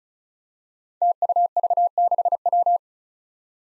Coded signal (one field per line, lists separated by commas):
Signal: Morse code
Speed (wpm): 36 wpm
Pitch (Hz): 700 Hz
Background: none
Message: TUV6W